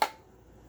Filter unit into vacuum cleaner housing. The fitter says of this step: turn it clockwise until it snaps into place.